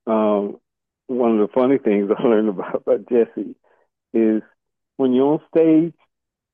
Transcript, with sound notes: one of the funny things (laughs) I learned about, about Jesse is, when you're on stage,